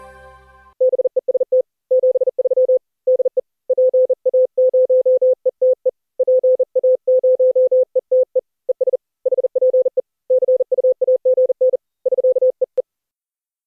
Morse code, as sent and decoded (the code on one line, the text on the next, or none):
-... . ... - / --... ...-- / -.. . / .--. .- ----- . - . / .--. .- ----- . - . / . ... / .... .--. . / -.-. ..- .- --. -. / ...-.- . .
BEST 73 DE PA0ETE PA0ETE ES HPE CUAGN <SK>EE